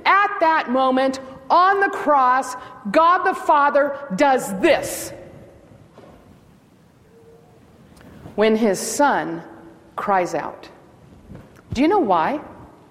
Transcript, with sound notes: At that moment, on the cross, God the Father does this (silence) when His Son cries out.
Do you know why?